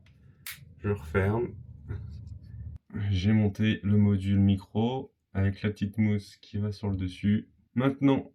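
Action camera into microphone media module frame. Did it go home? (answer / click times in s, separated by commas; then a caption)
yes / 0.5 s. A GoPro action camera is pushed into a plastic microphone media module housing with a small foam on top and snaps into place with a sharp click at about 0.5 s. A faint tap follows before the housing is closed, then someone talks. The camera is seated in the module.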